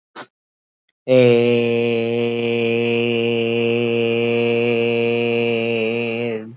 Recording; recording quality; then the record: sustained vowel as in made; excellent, no background noise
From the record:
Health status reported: healthy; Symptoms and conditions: hypertension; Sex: male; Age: 43 years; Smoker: not ticked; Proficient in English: yes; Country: India